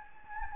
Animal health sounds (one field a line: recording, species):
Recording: mosquito wingbeat signal from an infrared sensor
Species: Anopheles gambiae